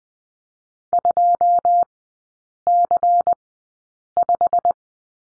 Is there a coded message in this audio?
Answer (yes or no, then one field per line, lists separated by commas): yes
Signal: Morse code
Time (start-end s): 0.9-4.7 s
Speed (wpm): 20 wpm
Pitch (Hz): 700 Hz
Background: none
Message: 2C5